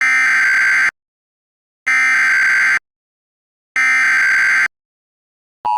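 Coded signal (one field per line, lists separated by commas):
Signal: Emergency Alert System (SAME) tones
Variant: header bursts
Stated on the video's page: Mock EAS scenario of an emergency action notification using valid tones, loud, not a real broadcast.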